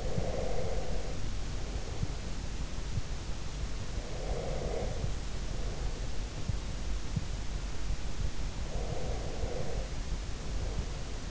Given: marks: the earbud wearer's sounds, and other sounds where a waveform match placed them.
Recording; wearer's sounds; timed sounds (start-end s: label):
sounds in sleep by an in-ear microphone; breath
0.00-2.01 s: breath
4.15-5.94 s: breath
8.67-11.30 s: breath